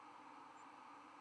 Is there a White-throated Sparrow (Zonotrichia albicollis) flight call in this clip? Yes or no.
no